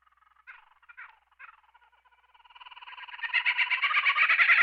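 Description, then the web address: Kookaburra call opening with a few soft, spaced chuckles, then swelling into a loud, fast, rolling laugh that builds to the end. "kockaburra"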